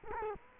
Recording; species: mosquito wingbeat signal from an infrared sensor; Culex quinquefasciatus